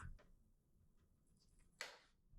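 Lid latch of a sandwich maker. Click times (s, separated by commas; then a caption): 1.8 s. The lid of a novelty grilled cheese maker is pressed down over buttered bread, with a few faint ticks and rustles before it. One sharp latch click at 1.8 s marks the lid locking shut, though some of the bread still sticks out.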